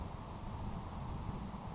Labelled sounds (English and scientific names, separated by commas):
Grasshopper Sparrow (Ammodramus savannarum)